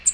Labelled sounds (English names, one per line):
American Redstart flight call